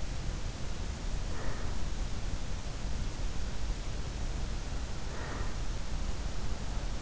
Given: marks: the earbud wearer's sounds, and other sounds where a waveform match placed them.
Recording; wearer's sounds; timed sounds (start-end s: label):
sounds in sleep by an in-ear microphone; breath
1.20-2.24 s: breath
4.84-5.93 s: breath